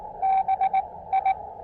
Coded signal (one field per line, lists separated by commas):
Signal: Morse code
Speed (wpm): 18 wpm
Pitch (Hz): 770 Hz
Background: none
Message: BI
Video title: Low-Profile POTA: Pairing the Elecraft KX2 & AX1 at the Plains of Abraham in Quebec City!